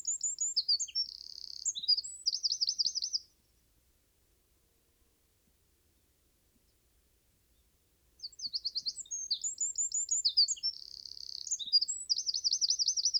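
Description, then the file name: Eurasian wren song heard twice: a three-second burst of high twittering and trills, about five seconds of quiet, then a longer, vigorous phrase. "Troglodytes troglodytes"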